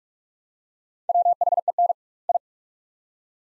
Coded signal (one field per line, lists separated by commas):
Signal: Morse code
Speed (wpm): 41 wpm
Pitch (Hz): 700 Hz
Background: none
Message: WHEN I